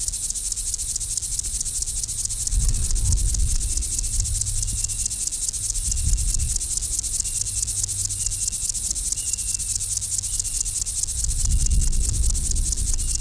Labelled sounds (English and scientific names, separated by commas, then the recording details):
Upland Field Grasshopper (Chorthippus apricarius) stridulation
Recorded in the wild
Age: imago
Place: Liebenthal, Schorfheide, Brandenburg, DE
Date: 1999-07-24 13:56
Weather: heiter, 28,6°C
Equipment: Sony WM-D6C, Sennheiser ME 80, Kopie Uher 4000 Report Monitor
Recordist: Tembrock, Günter